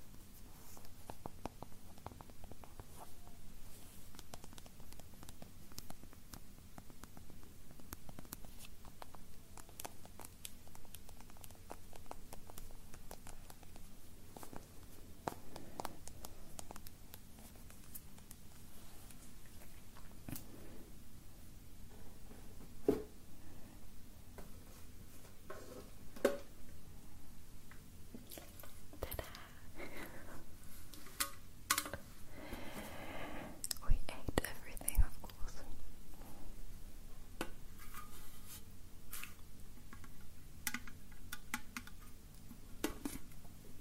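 Quiet nail tapping, with sharp little clicks scattered through the clip and growing busier after the midpoint. A soft hiss sits underneath throughout, and brief rustling or squishy handling sounds appear around the thirty-second mark.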